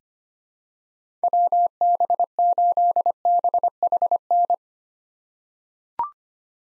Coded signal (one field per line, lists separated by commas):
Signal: Morse code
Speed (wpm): 25 wpm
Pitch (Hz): 700 Hz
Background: none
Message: WB8BHN